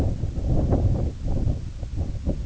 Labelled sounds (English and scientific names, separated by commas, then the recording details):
none
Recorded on Arctic tundra, site IGLO-A, on 17 June 2018
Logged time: 19:59